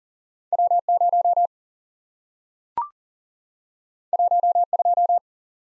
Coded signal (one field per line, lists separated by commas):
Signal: Morse code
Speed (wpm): 41 wpm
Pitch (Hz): 700 Hz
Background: none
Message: W 0 1 2